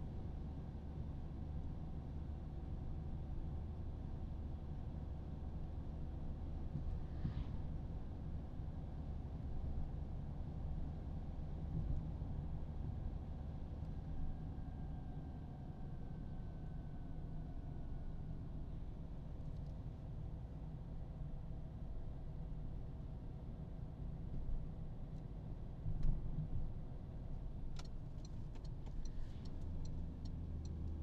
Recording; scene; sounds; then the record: everyday scene through a hearing-aid microphone; in a vehicle; engine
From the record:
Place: Berlingo II, diesel engine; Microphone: in the ear canal, right